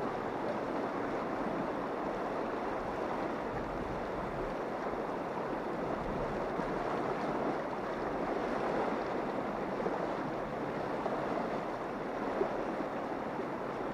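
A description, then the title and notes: Rain falls steadily on water in a dense, even hiss centered in the mids, unchanging throughout with no distinct drops or other sounds. Distant Rain on Water.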